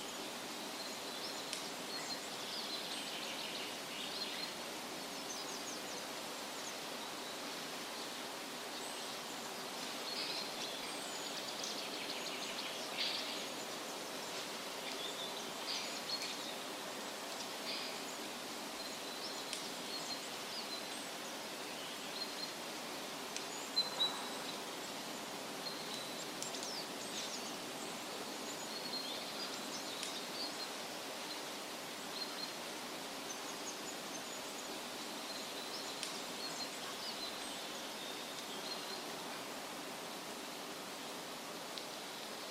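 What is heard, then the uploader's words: A steady forest ambience with a dense, even hiss that runs unchanged for the whole stretch, like rushing water or wind in trees. A faint low hum sits underneath, and small brighter flecks, possibly insects or birds, come and go throughout. Forest Ambience.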